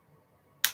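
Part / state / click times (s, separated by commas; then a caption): hairpiece clip into the wearer's hair / seated / 0.6 s. A hairpiece clip is pushed into the wearer's hair, and after a near-silent lead-in a single sharp, bright snap is heard at 0.6 s. The clip snaps into place and is seated.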